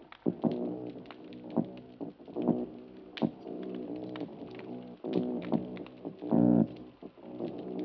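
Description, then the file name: Mulloway calling with irregular low croaking grunts mixed with sharp knocks and clicks, and a louder drawn-out buzzy grunt late on. "Parsons M-2013 Argyrosomus-japonicus"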